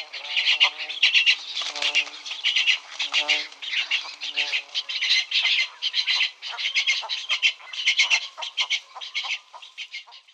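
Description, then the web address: Cattle egret nestlings give a noisy, rapid, rasping chorus, with some lower, tonal, nasal calls mixed in during the first half. "Cattle Egret nestlings"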